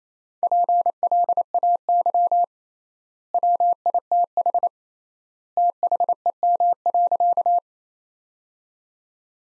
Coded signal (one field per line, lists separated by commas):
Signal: Morse code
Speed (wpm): 27 wpm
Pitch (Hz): 700 Hz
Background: none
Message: PLAY WITH THEM.